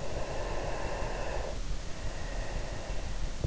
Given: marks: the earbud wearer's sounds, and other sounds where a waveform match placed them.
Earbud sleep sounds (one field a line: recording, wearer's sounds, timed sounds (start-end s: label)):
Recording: sounds in sleep by an in-ear microphone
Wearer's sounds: breath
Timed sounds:
0.03-3.47 s: breath